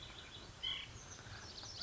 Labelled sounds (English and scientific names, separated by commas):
White-breasted Nuthatch (Sitta carolinensis)